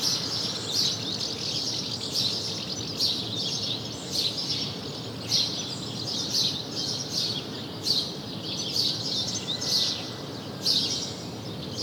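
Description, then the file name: House sparrow calls, sharp chirps repeated steadily throughout. "Passer domesticus"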